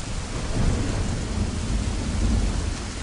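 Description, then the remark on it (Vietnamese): A heavy storm of rain and strong wind roars steadily over a mountain forest on a moonless night, with dense rain hissing across the highs over a deep, rumbling low end of wind and thunder-like swells. No voices, just a continuous loud wash. “Đem xe vứt ở bên đường, không ngại mưa to gió lớn chạy vào rừng tìm.”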